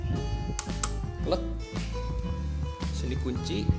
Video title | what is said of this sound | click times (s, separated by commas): review kipas hanya 200ribuan berdiri standing fan Miyako. | sudah searang kita kunci lagi sisi selanjutnya klek | 0.6 s, 0.8 s